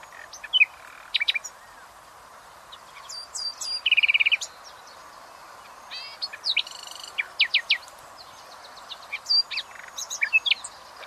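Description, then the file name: Common nightingale song: scattered sharp notes, a rapid buzzing trill, then loud repeated whistled strokes and varied phrases, with steady low hum behind. "Luscinia megarhynchos"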